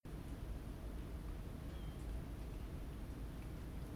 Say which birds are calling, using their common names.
European Golden Plover